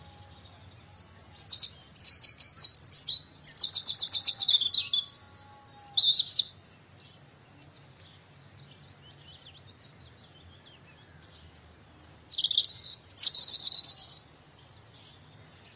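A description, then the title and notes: Birds chirp and trill in bright, rapid bursts, busiest during the first six seconds, then fall silent until a second short flurry around thirteen to fifteen seconds. A faint, steady low rumble runs underneath throughout. Birds Chirping.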